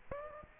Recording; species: mosquito wingbeat signal from an infrared sensor; Aedes aegypti